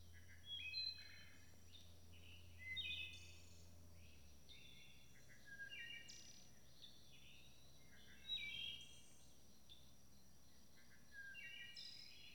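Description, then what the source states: Wood thrush song: several short fluted phrases at intervals of a few seconds, with a steady high tone behind and a low hum at first. Recorded at dusk in May 2012.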